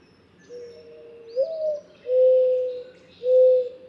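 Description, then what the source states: Mourning Dove cooing: a soft low coo that slides up into a short louder note, followed by two steady drawn-out coos, with a faint high chirp above. Voice described as sounding rather melancholy.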